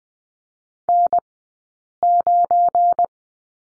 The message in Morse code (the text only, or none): N9